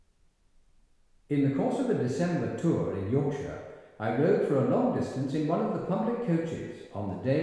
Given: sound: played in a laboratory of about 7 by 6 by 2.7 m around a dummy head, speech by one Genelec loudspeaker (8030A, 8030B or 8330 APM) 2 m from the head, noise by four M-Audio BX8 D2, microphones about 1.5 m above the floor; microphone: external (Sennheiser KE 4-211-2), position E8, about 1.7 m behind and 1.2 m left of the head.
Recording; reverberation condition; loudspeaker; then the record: male speech in English; high; 120 degrees to the left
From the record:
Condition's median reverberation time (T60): about 1300 ms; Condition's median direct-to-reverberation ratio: about -4.0 dB